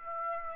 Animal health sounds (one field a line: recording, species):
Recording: mosquito wingbeat signal from an infrared sensor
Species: Aedes aegypti